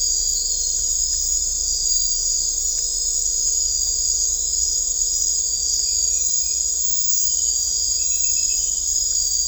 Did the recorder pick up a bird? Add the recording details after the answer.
no. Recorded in dense forest near Puerto Asís, Putumayo, Colombia, on 16 December 2024 at 23:30. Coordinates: 0.500, -76.322. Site G053